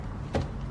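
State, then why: Seated. On a 2013-2018 Toyota RAV4, the wiring harness connector is pushed onto the power window regulator motor inside the door while installing the new door window. A single sharp click is heard at 0.4 s over a low background hum as the plug seats. The connector clicks in and is fully seated, so the window will work once the door is put back together.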